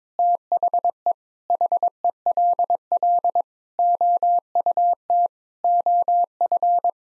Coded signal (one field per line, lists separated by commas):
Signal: Morse code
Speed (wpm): 22 wpm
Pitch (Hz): 700 Hz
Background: none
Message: THE HELL OUT OF